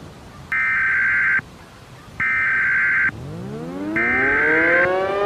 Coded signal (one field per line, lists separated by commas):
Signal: Emergency Alert System (SAME) tones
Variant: header bursts